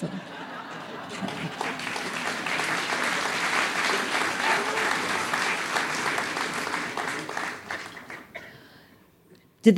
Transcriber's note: applause